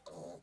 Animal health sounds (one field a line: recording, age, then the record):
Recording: pig call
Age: piglet (1 to 25 days)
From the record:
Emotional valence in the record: negative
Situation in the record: restrain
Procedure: back test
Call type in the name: low-frequency call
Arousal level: medium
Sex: male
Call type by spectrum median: low-frequency call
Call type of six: low-frequency stable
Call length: 0.44 s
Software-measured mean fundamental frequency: 79 Hz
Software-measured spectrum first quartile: 458 Hz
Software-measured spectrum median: 659 Hz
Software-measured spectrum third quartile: 1989 Hz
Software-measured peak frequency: 585 Hz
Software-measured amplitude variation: 157 dB a second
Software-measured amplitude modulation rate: 20.6 a second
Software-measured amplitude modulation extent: 7.6 dB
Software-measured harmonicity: 1.8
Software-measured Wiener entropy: -2.03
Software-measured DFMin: 1560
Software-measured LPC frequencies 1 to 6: 559, 3836, 4410, 5342, 6670, 7719 Hz